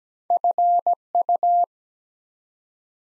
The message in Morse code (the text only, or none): FU